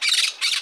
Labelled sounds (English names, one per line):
Brown-throated Parakeet contact call